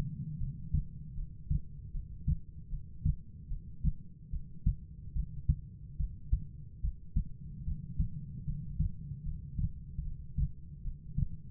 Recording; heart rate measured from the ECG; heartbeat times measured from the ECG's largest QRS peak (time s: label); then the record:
heart sounds by stethoscope; 75 bpm
0.38 s: heartbeat
1.15 s: heartbeat
1.92 s: heartbeat
2.70 s: heartbeat
3.49 s: heartbeat
4.31 s: heartbeat
5.14 s: heartbeat
5.97 s: heartbeat
6.82 s: heartbeat
7.65 s: heartbeat
8.45 s: heartbeat
9.24 s: heartbeat
10.03 s: heartbeat
10.83 s: heartbeat
From the record:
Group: heart failure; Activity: rest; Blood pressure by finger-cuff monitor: 93/59 mmHg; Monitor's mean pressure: 74 mmHg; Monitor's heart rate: 75 bpm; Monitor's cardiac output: 5.6 L/min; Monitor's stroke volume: 74 mL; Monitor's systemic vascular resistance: 990 dyn s/cm5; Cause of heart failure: non-ischemic cardiomyopathy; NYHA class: 1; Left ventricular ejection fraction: 42%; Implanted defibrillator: present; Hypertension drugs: sacubitril-valsartan, spironolactone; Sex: female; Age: 39 years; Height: 162 cm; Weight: 67.9 kg